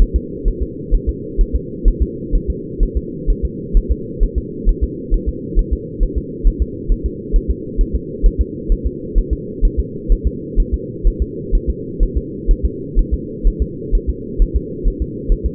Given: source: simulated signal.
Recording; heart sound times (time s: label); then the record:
fetal heart sounds
0.02 s: S1
0.16 s: S2
0.48 s: S1
0.63 s: S2
0.94 s: S1
1.09 s: S2
1.41 s: S1
1.56 s: S2
1.88 s: S1
2.03 s: S2
2.35 s: S1
2.50 s: S2
2.83 s: S1
2.97 s: S2
3.30 s: S1
3.45 s: S2
3.77 s: S1
3.92 s: S2
4.23 s: S1
4.38 s: S2
4.69 s: S1
4.84 s: S2
5.14 s: S1
5.29 s: S2
5.59 s: S1
5.73 s: S2
6.03 s: S1
6.18 s: S2
6.47 s: S1
6.62 s: S2
6.92 s: S1
7.06 s: S2
7.36 s: S1
7.51 s: S2
7.81 s: S1
7.95 s: S2
8.26 s: S1
8.41 s: S2
8.72 s: S1
8.87 s: S2
9.18 s: S1
9.33 s: S2
9.65 s: S1
9.80 s: S2
10.12 s: S1
10.27 s: S2
10.60 s: S1
10.74 s: S2
11.07 s: S1
11.22 s: S2
11.55 s: S1
11.70 s: S2
12.03 s: S1
12.18 s: S2
12.51 s: S1
12.66 s: S2
12.99 s: S1
13.14 s: S2
13.47 s: S1
13.62 s: S2
13.95 s: S1
14.10 s: S2
14.42 s: S1
14.56 s: S2
14.88 s: S1
15.02 s: S2
15.32 s: S1
15.46 s: S2
From the record:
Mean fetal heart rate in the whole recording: 130 bpm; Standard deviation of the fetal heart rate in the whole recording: 4 bpm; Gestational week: 38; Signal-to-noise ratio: -4.1 dB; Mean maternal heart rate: no maternal heart sound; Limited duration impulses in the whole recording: absent